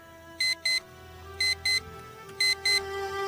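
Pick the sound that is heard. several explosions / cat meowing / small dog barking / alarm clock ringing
alarm clock ringing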